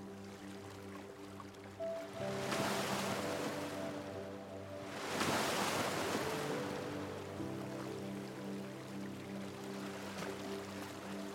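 Gentle waves wash in over soft, sustained music. Two surges of surf hiss rise around the second and fifth seconds, then settle back to a quieter wash, while low, steady chord tones hold underneath and shift once around seven seconds.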